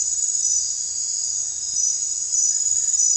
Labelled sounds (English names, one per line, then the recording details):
none
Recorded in dense forest near Puerto Asís, Putumayo, Colombia, on 16 December 2024 at 23:30
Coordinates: 0.468, -76.322
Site G071